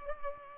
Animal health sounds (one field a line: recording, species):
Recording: mosquito wingbeat signal from an infrared sensor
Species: Culex pipiens